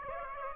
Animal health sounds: mosquito wingbeat signal from an infrared sensor; Aedes aegypti

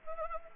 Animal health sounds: mosquito wingbeat signal from an infrared sensor; Anopheles arabiensis

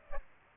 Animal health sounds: mosquito wingbeat signal from an infrared sensor; Aedes aegypti

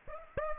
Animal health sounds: mosquito wingbeat signal from an infrared sensor; Aedes aegypti

